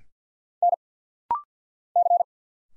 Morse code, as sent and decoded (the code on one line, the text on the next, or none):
-. / -.-.
N C